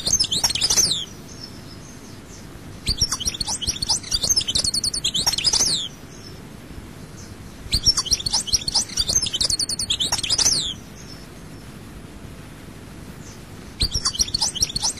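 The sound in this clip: European goldfinch song in four bursts of high, tinkling twitter separated by pauses.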